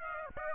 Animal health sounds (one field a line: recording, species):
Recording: mosquito wingbeat signal from an infrared sensor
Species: Aedes aegypti